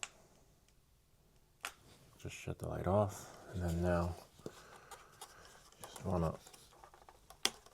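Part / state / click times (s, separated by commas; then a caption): propeller guard onto drone arm / seated / 7.4 s. Someone talks while handling a plastic propeller guard for a DJI Mavic 3 Pro drone, with a few soft clicks and taps as it is pushed onto the drone arm. The guard seats onto the arm with a sharp, loud snap at 7.5 seconds.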